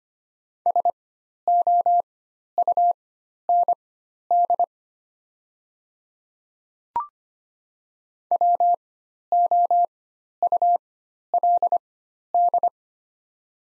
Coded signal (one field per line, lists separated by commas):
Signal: Morse code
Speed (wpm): 25 wpm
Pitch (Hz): 700 Hz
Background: none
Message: SOUND WOULD